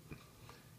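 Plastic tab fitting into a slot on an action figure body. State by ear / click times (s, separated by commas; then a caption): not seated / none. A plastic panel on a toy action figure body is handled as its tab is fitted toward a slot during transformation. Two brief plastic handling knocks are heard around 0.1 s and 0.5 s over a quiet background. Nothing has seated or clicked into place yet.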